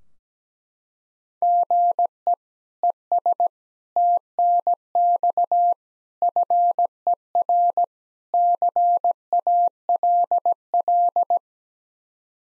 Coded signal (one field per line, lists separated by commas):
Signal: Morse code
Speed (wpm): 17 wpm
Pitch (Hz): 700 Hz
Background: none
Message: GE ES TNX FER CALL